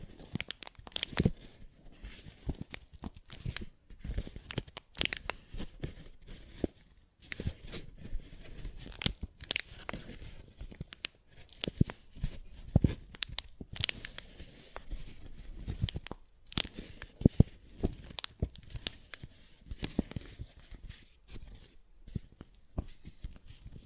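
A paper bag is tapped and scratched in a busy, irregular stream of sharp crackling hits and rustles, several per second. The sounds are bright and dry, spread from low thumps to high crinkles, with brief quiet gaps around 7, 16 and 21 seconds.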